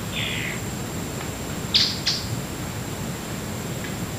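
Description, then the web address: A bird gives one short buzzy chirp, then two sharp high notes a moment later and a faint final note, over a steady low hiss. "BIRD 2015 SABIOD 50 bird 2015"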